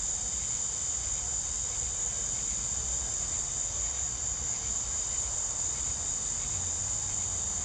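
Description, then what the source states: Cricket chorus forms a continuous high, even trill throughout, with soft low background rumble and no other clear sounds. Southern summer evening ambience.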